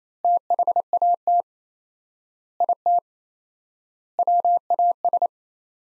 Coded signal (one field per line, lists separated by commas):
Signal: Morse code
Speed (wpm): 28 wpm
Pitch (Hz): 700 Hz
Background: none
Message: THAT IT WAS